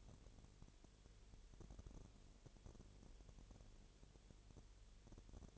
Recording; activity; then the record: daily activity, microphone in the room; no activity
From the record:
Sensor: 4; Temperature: 22.7 degrees Celsius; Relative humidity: 32.0%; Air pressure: 1008.1 hPa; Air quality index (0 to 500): 114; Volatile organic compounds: 2 ppm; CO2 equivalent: 1108 ppm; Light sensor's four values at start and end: 2/3/1/1 and 2/3/1/1